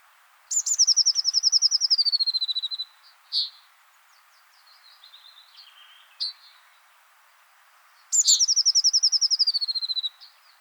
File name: Cyanistes caeruleus